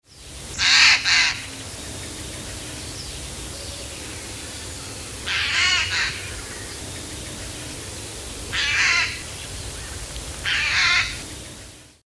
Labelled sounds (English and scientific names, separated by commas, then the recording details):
Eurasian Jay (Garrulus glandarius)
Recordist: Tembrock, Günter
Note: Warnrufe in Nestnähe